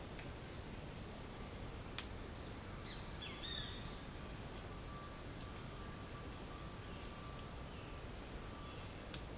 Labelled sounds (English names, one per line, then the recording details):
Violaceous Jay
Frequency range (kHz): Violaceous Jay 1.1-4.3 kHz
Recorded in pastures near Puerto Asís, Putumayo, Colombia, on 13 March 2025 at 07:00
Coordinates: 0.502, -76.324
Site GP07